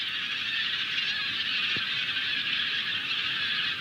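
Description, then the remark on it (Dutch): A dense, unbroken cacophony of many geese, including bean geese, greylag geese and white-fronted geese, calling at once at the Beuvense wateren on the Strabrechtse Heide. Drought has partly dried the pool, packing the birds close together. A loud, steady wall of overlapping honks and cries with no pauses and no talking. “Door de droogte van de afgelopen jaren is de plas deels opgedroogd, waardoor de vogels dicht op elkaar zitten, hetgeen een enorme cacofonie tot gevolg heeft.”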